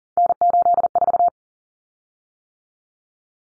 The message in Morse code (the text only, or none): N84